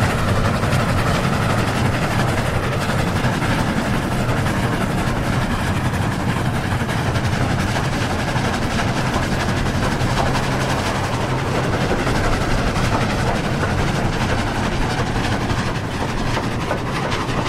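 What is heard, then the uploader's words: A steam train runs along the tracks with a steady, dense rumble and a continuous hiss of steam over it. The wheels keep a low, even roll throughout, with a faint repeating pulse and no clear breaks or sudden events. The relaxing sounds of a steam train as it chugs along the tracks. The gentle rhythm of the wheels and the hissing of steam as the train snakes through picturesque landscapes.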